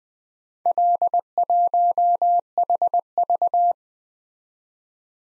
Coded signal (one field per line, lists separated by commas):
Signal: Morse code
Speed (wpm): 20 wpm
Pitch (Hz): 700 Hz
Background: none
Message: L1HV